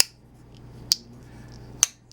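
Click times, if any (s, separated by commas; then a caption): 0.9 s, 1.8 s. A Lion Steel Bolus trapper slip-joint pocket knife, made for CollectorKnives, has its blade worked through its positions so the backspring snaps it into its detent in each one. Two sharp, bright metallic snaps land at 0.9 s and 1.8 s over a low steady hum, with fainter ticks between them. The blade seats audibly in each position, though the snaps sound slightly different.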